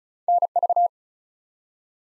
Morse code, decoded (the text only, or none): NV